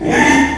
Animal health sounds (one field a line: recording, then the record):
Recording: squeal of a Yucatan mini pig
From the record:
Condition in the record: after surgery on the right vocal fold (resection and tissue-engineered implant)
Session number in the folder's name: 3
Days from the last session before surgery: 33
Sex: male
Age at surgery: 12 weeks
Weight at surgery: 13 kg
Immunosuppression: cyclosporine, prednisolone